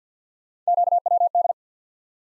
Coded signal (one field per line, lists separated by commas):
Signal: Morse code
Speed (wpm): 49 wpm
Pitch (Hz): 700 Hz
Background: none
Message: QWD